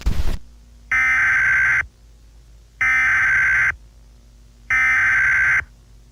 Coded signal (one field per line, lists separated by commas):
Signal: Emergency Alert System (SAME) tones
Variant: header bursts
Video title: EAS Scenario - Skies of Ash